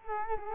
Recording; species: mosquito wingbeat signal from an infrared sensor; Culex quinquefasciatus